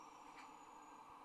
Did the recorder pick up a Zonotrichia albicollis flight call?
no